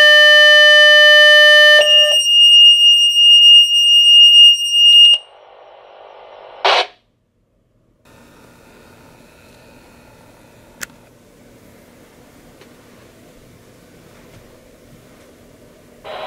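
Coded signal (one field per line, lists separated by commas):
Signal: two-tone page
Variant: two-tone sequential (A/B)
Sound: buzzy low tone about 2 s, then a steady high tone about 3 s, then a short pager alert and quiet hiss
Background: radio static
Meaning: Test page setting off the pagers; no voice message follows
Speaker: you will hear the page go through, the A tone the B tone, and then you will hear the pager alert and then the squelch will turn off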